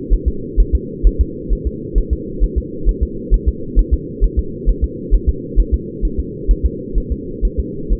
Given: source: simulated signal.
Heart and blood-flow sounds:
fetal heart sounds
0.13 s: S1
0.28 s: S2
0.60 s: S1
0.75 s: S2
1.07 s: S1
1.21 s: S2
1.53 s: S1
1.67 s: S2
1.98 s: S1
2.13 s: S2
2.44 s: S1
2.58 s: S2
2.89 s: S1
3.03 s: S2
3.34 s: S1
3.48 s: S2
3.79 s: S1
3.94 s: S2
4.24 s: S1
4.39 s: S2
4.69 s: S1
4.84 s: S2
5.14 s: S1
5.29 s: S2
5.60 s: S1
5.74 s: S2
6.05 s: S1
6.20 s: S2
6.51 s: S1
6.66 s: S2
6.98 s: S1
7.12 s: S2
7.45 s: S1
7.60 s: S2
7.93 s: S1
From the record:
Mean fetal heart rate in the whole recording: 130 bpm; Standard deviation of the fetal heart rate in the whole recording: 2 bpm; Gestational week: 36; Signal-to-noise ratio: -4.3 dB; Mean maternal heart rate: 72 bpm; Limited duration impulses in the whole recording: absent

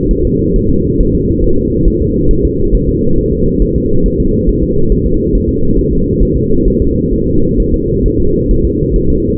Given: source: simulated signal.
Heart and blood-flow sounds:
fetal heart sounds
0.11 s: S1
0.25 s: S2
0.56 s: S1
0.70 s: S2
1.00 s: S1
1.15 s: S2
1.44 s: S1
1.58 s: S2
1.88 s: S1
2.02 s: S2
2.31 s: S1
2.45 s: S2
2.75 s: S1
2.89 s: S2
3.18 s: S1
3.32 s: S2
3.62 s: S1
3.76 s: S2
4.06 s: S1
4.20 s: S2
4.49 s: S1
4.63 s: S2
4.92 s: S1
5.06 s: S2
5.35 s: S1
5.49 s: S2
5.78 s: S1
5.93 s: S2
6.23 s: S1
6.37 s: S2
6.68 s: S1
6.82 s: S2
7.14 s: S1
7.28 s: S2
7.60 s: S1
7.74 s: S2
8.06 s: S1
8.20 s: S2
8.51 s: S1
8.65 s: S2
8.96 s: S1
9.10 s: S2
From the record:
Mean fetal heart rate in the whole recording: 135 bpm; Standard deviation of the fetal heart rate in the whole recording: 3 bpm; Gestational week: 36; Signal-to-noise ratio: -16.4 dB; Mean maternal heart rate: 72 bpm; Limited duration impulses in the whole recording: present

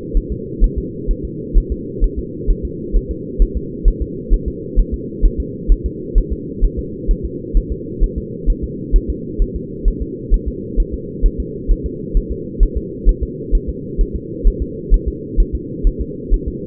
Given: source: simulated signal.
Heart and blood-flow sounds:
fetal heart sounds
0.17 s: S1
0.32 s: S2
0.64 s: S1
0.78 s: S2
1.11 s: S1
1.25 s: S2
1.58 s: S1
1.72 s: S2
2.04 s: S1
2.19 s: S2
2.50 s: S1
2.65 s: S2
2.97 s: S1
3.11 s: S2
3.42 s: S1
3.57 s: S2
3.88 s: S1
4.02 s: S2
4.34 s: S1
4.48 s: S2
4.79 s: S1
4.94 s: S2
5.25 s: S1
5.40 s: S2
5.72 s: S1
5.86 s: S2
6.18 s: S1
6.32 s: S2
6.65 s: S1
6.79 s: S2
7.11 s: S1
7.25 s: S2
7.57 s: S1
7.72 s: S2
8.04 s: S1
8.18 s: S2
8.50 s: S1
8.64 s: S2
8.96 s: S1
9.10 s: S2
9.42 s: S1
9.56 s: S2
9.88 s: S1
10.02 s: S2
10.34 s: S1
10.48 s: S2
10.80 s: S1
10.94 s: S2
11.26 s: S1
11.40 s: S2
11.71 s: S1
11.86 s: S2
12.17 s: S1
12.32 s: S2
12.63 s: S1
12.77 s: S2
13.09 s: S1
13.23 s: S2
13.55 s: S1
13.69 s: S2
14.01 s: S1
14.16 s: S2
14.47 s: S1
14.62 s: S2
14.94 s: S1
15.08 s: S2
15.40 s: S1
15.55 s: S2
15.87 s: S1
16.01 s: S2
16.34 s: S1
16.48 s: S2
From the record:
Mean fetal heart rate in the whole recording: 130 bpm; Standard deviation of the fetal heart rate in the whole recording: 2 bpm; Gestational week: 38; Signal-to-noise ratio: -4.1 dB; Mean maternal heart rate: no maternal heart sound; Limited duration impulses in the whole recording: absent

